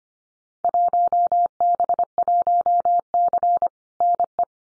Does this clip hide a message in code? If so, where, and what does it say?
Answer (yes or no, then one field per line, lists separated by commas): yes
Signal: Morse code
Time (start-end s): 0.6-4.4 s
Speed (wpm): 25 wpm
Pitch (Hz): 700 Hz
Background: none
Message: 1B1C NE